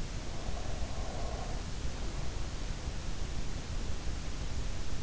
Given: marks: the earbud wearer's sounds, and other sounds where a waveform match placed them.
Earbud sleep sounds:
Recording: sounds in sleep by an in-ear microphone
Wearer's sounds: breath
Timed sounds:
0.30-3.10 s: breath

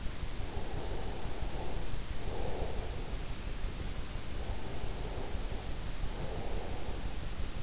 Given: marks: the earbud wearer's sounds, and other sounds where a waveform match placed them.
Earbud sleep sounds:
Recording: sounds in sleep by an in-ear microphone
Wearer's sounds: breath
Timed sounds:
0.00-3.31 s: breath
3.82-7.60 s: breath

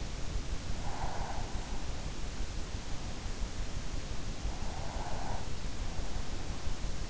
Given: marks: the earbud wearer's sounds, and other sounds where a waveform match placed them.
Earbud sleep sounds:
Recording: sounds in sleep by an in-ear microphone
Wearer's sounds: breath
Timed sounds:
0.56-2.11 s: breath
4.39-5.82 s: breath

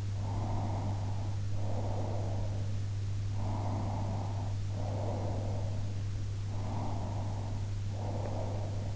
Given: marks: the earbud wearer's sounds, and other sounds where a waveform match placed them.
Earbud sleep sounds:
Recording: sounds in sleep by an in-ear microphone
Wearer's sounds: breath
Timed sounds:
0.32-2.79 s: breath
3.46-5.84 s: breath
6.59-8.96 s: breath

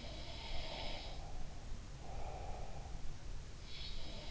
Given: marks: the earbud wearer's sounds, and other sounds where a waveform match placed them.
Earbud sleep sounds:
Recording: sounds in sleep by an in-ear microphone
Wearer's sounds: breath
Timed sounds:
0.00-3.01 s: sound from someone else or the room
0.86-3.01 s: breath
3.79-4.31 s: sound from someone else or the room

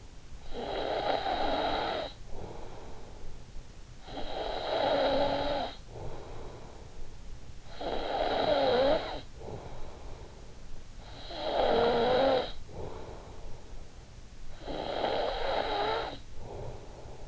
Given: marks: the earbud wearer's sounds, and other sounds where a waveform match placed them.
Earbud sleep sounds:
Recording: sounds in sleep by an in-ear microphone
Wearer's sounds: snoring breath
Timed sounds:
0.22-3.60 s: snoring breath
3.88-10.54 s: snoring breath
11.00-17.28 s: snoring breath

